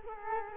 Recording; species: mosquito wingbeat signal from an infrared sensor; Culex quinquefasciatus